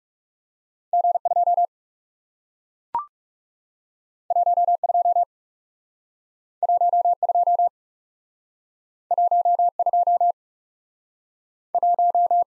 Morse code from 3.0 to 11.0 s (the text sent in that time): 1 2 1 2 1 2